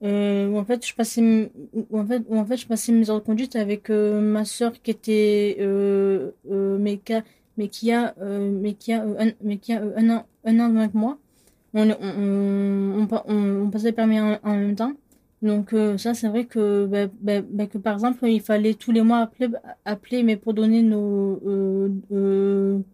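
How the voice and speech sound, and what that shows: A young woman speaks French in rushed bursts, with repeated phrases and syllables ("mais qui a… mais qui a", "on… on… on passait", "ba-ba-ba"), restarts, drawn-out filler sounds and abrupt glottal catches. This is cluttering combined with stuttering: rushed, broken speech with restarted sentences.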